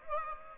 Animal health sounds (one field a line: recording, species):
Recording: mosquito wingbeat signal from an infrared sensor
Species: Aedes aegypti